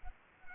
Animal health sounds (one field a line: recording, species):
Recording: mosquito wingbeat signal from an infrared sensor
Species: Aedes aegypti